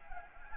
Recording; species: mosquito wingbeat signal from an infrared sensor; Anopheles gambiae